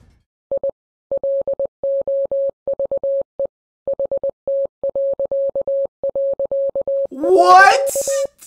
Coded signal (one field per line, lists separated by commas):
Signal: Morse code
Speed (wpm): 20 wpm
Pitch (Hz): 550 Hz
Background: speech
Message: I LOVE HT...